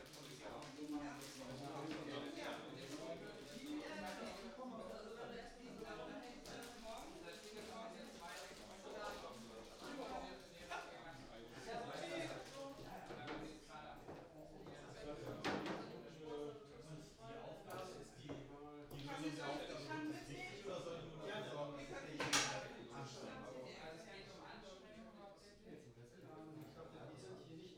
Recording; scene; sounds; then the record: everyday scene through a hearing-aid microphone; many people talking; many voices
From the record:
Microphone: in the ear canal, right